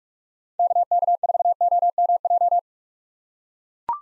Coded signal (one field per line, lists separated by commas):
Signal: Morse code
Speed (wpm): 42 wpm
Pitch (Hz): 700 Hz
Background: none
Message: KK4OMJ